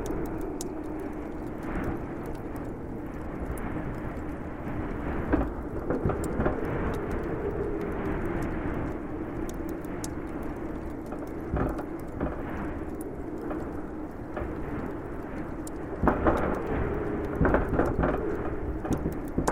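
A steady, dense roar of winter wind fills the clip, low and full, swelling slightly around six seconds and again near sixteen to eighteen seconds. Sharp fireplace crackles and pops break through irregularly throughout, clustering more thickly during the louder stretches.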